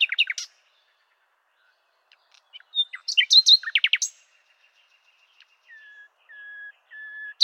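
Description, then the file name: Common nightingale song: quick chattering notes and a burst of rapid trilled notes, followed by three slow, drawn-out pure whistles. "Luscinia megarhynchos"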